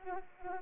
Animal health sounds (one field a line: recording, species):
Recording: mosquito wingbeat signal from an infrared sensor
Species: Anopheles arabiensis